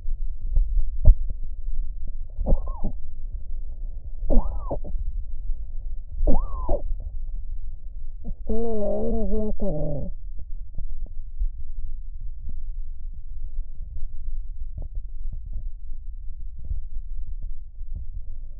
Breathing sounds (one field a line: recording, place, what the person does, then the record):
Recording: lung sounds by stethoscope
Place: left anterior apical chest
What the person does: quiet breathing, then cough and speech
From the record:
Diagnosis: asthma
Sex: female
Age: 74 years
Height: 155 cm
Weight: 63 kg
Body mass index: 26.2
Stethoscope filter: extended mode